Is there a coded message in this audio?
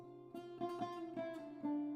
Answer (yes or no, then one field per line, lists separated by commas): no